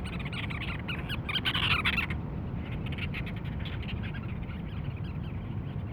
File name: Cape Verde Storm Petrel